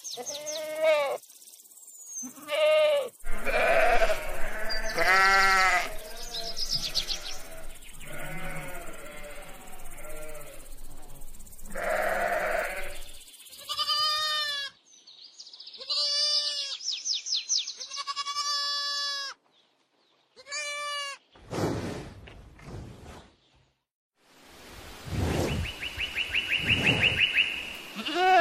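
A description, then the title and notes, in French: Farm animals call out one after another, mostly wavering goat and sheep bleats, some short and some drawn out, with brief silences between. Near the end come two or three rough, noisy bursts, and a steady hiss runs under the final seconds. A la ferme avec ses animaux.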